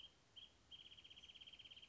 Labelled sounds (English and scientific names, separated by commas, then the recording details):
Wrentit (Chamaea fasciata)
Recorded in Sonoma County, California